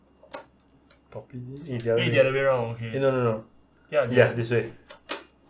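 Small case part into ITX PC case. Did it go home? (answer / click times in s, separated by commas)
yes / 5.1 s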